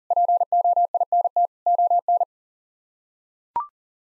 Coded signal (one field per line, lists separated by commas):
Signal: Morse code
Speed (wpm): 40 wpm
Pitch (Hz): 700 Hz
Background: none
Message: POINT ON